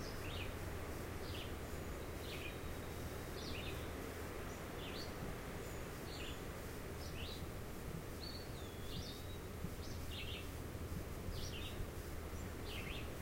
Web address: Red-eyed Vireo